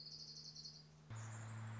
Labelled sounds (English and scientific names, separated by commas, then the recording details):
Orange-crowned Warbler (Leiothlypis celata)
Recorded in Sonoma County, California